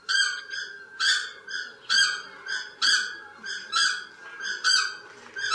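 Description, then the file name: South Island takahe calling in a regular rhythm, loud rich harmonic notes about once a second, alternating with quieter shorter notes, against a faint steady background hum. "Notornis"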